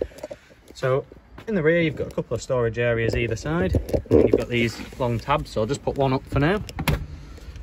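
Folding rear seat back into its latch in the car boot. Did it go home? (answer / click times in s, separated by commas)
yes / 6.9 s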